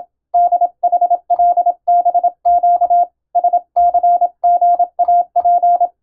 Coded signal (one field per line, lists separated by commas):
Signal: Morse code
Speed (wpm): 26 wpm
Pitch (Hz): 700 Hz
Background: none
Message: DHLBQ SCGAP